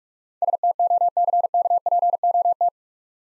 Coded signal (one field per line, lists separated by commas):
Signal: Morse code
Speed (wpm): 45 wpm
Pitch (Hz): 700 Hz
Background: none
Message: STOCKPOT